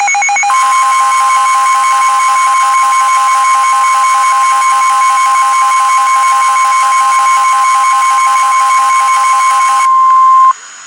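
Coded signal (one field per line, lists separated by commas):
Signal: Emergency Alert System (SAME) tones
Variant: 1050 Hz attention tone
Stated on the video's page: Real EAS alerts, a back-to-back tornado warning and severe thunderstorm warning.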